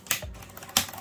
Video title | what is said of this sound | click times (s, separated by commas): HP 15 g094sa Hard Drive to SSD, Laptop Repair | you can you'll hear that you hear the clicks there you go | 0.1 s, 0.8 s